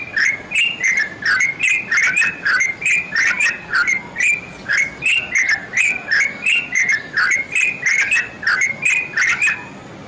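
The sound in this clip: Songbird repeating quick whistled notes with clicky attacks, about three each second, continuing evenly throughout.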